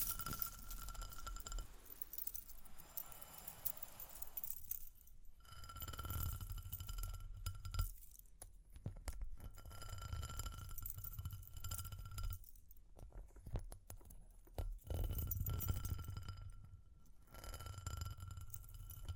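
Close-up tapping and scratching mixed with bright jingling, like small glass or metal pieces clinking together. The sounds come in irregular bursts with short quiet gaps, around 5, 8, 12 and 15 seconds, over a soft low rumble that swells and fades.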